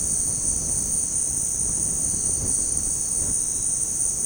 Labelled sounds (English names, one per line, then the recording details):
none
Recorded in dense forest near Puerto Asís, Putumayo, Colombia, on 25 June 2025 at 17:00
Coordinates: 0.486, -76.317
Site G065